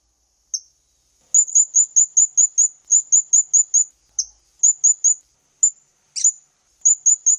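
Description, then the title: Hanging parrot uttering rapid strings of high, thin, sibilant notes in short bursts separated by short pauses, with a single sharp click near the end. "SERINDIT"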